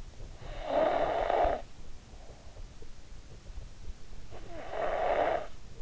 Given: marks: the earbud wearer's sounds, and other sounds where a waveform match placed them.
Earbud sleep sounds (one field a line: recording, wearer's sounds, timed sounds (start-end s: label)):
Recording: sounds in sleep by an in-ear microphone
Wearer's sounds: snoring breath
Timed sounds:
0.49-1.92 s: snoring breath
4.16-5.82 s: snoring breath